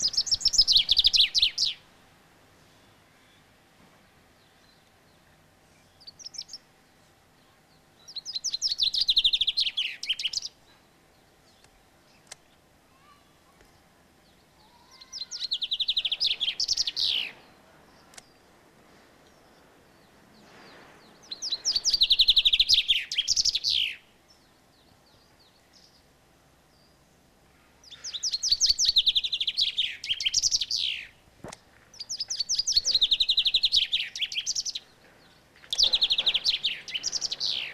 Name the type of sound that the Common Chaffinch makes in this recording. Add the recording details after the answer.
song. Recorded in the wild. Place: Oberstdorf, Bayern, DE. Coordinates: 47.3997, 10.2414. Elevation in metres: 988. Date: 1985-04-04. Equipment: Uher 4000 Report. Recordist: Tretzel, Erwin